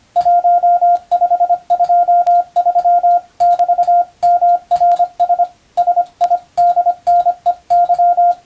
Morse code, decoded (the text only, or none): 1523<BT>MRS SIDNEY